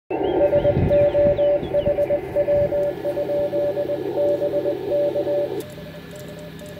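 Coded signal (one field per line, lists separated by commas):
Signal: Morse code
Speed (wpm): 18 wpm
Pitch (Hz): 580 Hz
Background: radio noise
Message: SO HW? BK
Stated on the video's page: Park activation at Castello di Costerbosa, operator sending CW.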